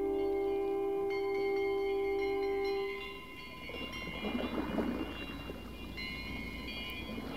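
A steady tonal drone gives way to a broad, rolling rumble of thunder from an approaching thunderstorm, swelling and fading over a few seconds, with a constant hiss of rain underneath.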